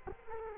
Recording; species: mosquito wingbeat signal from an infrared sensor; Culex quinquefasciatus